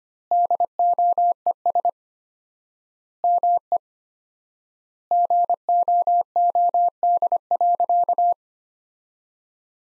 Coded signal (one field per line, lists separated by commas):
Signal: Morse code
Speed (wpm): 25 wpm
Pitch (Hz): 700 Hz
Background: none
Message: DOES ME GOOD.